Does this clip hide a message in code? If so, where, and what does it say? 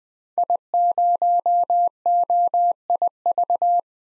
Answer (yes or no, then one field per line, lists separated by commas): yes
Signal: Morse code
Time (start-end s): 0.4-3.8 s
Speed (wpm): 20 wpm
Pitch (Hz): 700 Hz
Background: none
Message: I0OIV